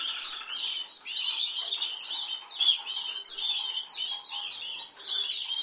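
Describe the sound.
Canary song in bursts of bright, scratchy chirps and twitters, rising and falling in loudness throughout.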